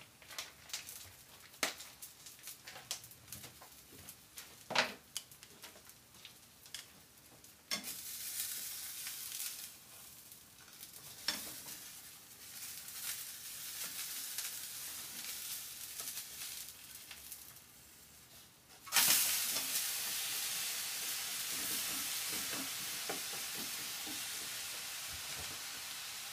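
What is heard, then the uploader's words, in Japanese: Cabbage-yaki cooking on a griddle: sparse clicks and scrapes early, then steady sizzling that jumps sharply louder and hissier around nineteen seconds. 大阪名物キャベツ焼き。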